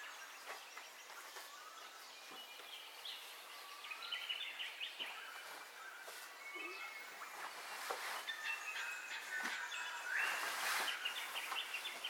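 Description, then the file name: Birds in a dawn chorus, many overlapping chirps and whistled notes, with sliding whistles and scattered sharp calls over a steady outdoor background hiss. Dawn ambience with bird calls, stereo recording. "AMBIENCE DAWN BIRDCALLS 03 STEREO"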